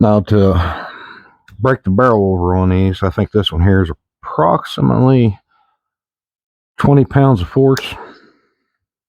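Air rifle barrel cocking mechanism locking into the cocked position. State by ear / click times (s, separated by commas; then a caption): not seated / none. Someone talks while starting to break the barrel of a break-barrel air rifle over with about 20 lb of force to cock it. Only speech and breathy pauses are heard. Nothing has clicked or locked yet.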